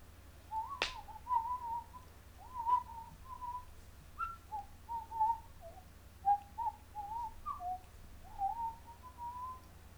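A person whistles the Blue Danube waltz outdoors in the woods, a string of clear mid-pitched phrases that rise and dip, over a steady low hum, with one sharp click near the start.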